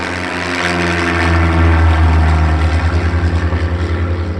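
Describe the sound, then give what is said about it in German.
A small propeller plane, owned by a wealthy local farmer, flies over the Nazca Lines in 1948. It drones steadily with a deep, throbbing engine hum and a rapid rhythmic pulsing that grows stronger partway through, with no voices. “erster Flug über die Linien fand 1948 statt, im kleinen Flugzeug eines wohlhabenden einheimischen Farmers.”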